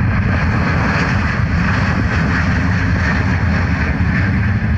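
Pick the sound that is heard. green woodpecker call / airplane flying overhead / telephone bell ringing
airplane flying overhead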